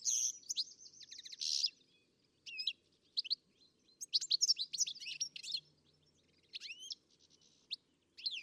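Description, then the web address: Bird song: mixed high phrases of buzzy trills, upswept whistles and sharp chirps, delivered in irregular bursts with pauses between. "Deverinetal. Bird Only"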